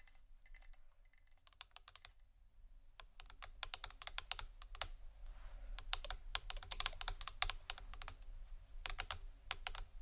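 Quick, sharp taps on hard objects, sparse at first, then dense and irregular after three seconds, with a faint low hum underneath.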